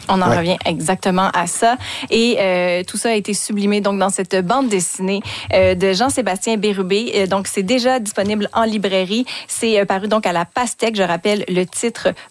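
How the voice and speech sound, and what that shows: A woman speaks French fluently at a steady radio pace, with clear voice and normal rhythm: ordinary speech.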